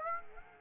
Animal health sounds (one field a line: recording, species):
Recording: mosquito wingbeat signal from an infrared sensor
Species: Aedes aegypti